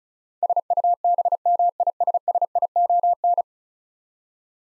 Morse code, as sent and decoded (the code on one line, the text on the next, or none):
... ..- -... -- .. ... ... .. --- -.
SUBMISSION